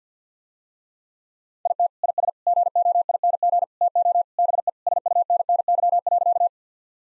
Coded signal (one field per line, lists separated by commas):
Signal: Morse code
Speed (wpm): 50 wpm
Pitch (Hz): 700 Hz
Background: none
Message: IT IS GOING TO BE SUNNY.